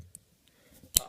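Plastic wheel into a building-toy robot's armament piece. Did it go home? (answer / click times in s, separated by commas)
yes / 1.0 s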